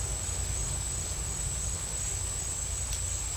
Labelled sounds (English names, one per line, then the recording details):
none
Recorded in dense forest near Puerto Asís, Putumayo, Colombia, on 20 December 2024 at 10:00
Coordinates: 0.467, -76.328
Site GP05